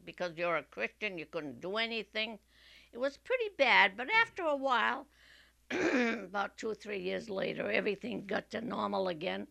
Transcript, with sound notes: Because you're a Christian you couldn't do anything. It was pretty bad, but after a while... ( she clears her throat ) About two or three years later everything got to normal again.